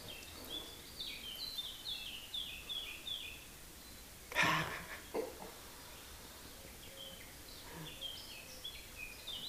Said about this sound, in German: Hauptsache, das Wetter ist gut. Ne? Sonne scheint, Vögel zwitschern.